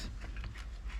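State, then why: Not seated. A plastic wiring connector is handled as it is pushed back toward the steering-column combination (stalk) switch while the switch is refitted on a Renault Kangoo 2, Scenic 2, Modus or Clio 3. Faint rustling and light handling noises are heard, with a brief tap near 0.4 s. Nothing has clicked or seated yet.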